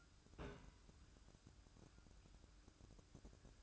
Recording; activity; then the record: daily activity, microphone in the room; place on stove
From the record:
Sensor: 2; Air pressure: 1008.0 hPa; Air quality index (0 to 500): 108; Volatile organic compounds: 1 ppm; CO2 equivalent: 807 ppm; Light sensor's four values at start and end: 6/15/6/6 and 6/15/6/6